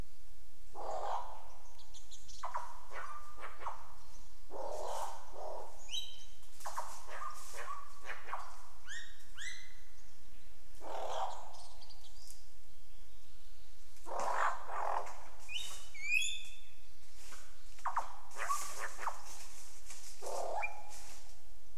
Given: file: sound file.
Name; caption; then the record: mimicry-excerpt; However, on the morning of the 30th of August, the SM4 recorded frequent alarm calls and vocal mimicry leading up to and following a nest visit.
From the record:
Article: Vocal Mimicry, and Conspecific Song and Calls, in Female Albert's Lyrebirds (Menura alberti)